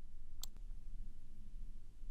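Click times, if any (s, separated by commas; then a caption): 0.4 s. A plastic stand foot is slid onto the back of a REINER SCT cyberJack RFID komfort smart card reader until it latches into place. A single sharp click is heard at 0.4 s, and the foot is seated on the reader.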